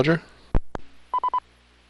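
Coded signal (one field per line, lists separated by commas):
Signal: none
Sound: repeater courtesy beep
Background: speech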